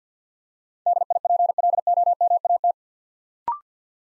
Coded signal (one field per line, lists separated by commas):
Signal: Morse code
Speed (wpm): 48 wpm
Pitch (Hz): 700 Hz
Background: none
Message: DIPLOMAT